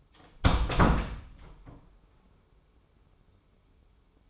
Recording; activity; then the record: daily activity, microphone in the room; close door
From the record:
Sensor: 1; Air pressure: 1015.2 hPa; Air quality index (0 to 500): 181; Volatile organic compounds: 16 ppm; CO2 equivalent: 2526 ppm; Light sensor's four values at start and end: 14/32/13/15 and 12/29/12/13